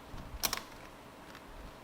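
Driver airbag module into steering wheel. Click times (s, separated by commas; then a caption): 0.4 s, 0.5 s. A driver airbag module, its sides lined up, is given a hard push into the hub of a GT350 steering wheel. Two sharp clicks are heard at 0.5 s and 0.5 s, with faint handling noise around them. The module seats in the wheel, which matters because a module not pushed down fully can cause an airbag warning light.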